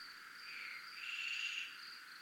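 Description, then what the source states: Crickets give a high shimmering trill that grows briefly louder and buzzier midway before settling back to a steady hum. Recorded in a military zone (zona militar).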